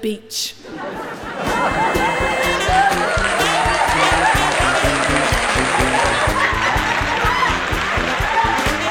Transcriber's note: Canned Laughter